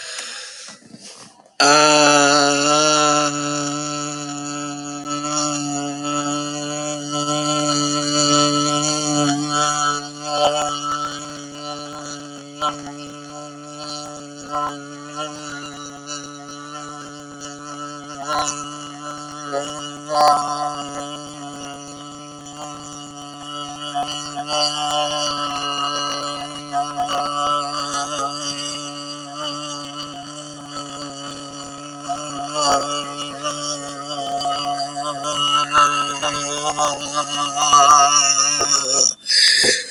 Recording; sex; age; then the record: vowel held as long as possible; male; 40 to 49 years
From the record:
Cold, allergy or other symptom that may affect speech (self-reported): no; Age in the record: 40 years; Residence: District of Columbia, United States